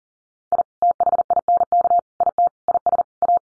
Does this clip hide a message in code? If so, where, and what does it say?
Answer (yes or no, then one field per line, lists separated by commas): yes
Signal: Morse code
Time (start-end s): 0.5-3.4 s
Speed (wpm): 40 wpm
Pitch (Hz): 700 Hz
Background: none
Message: I THINK IT IS A